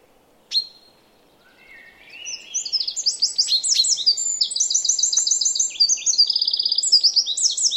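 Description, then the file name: Eurasian wren giving one sharp note, then after a pause launching into a long, vigorous song of rapid high trills and ringing repeated notes. "Troglodytes troglodytes"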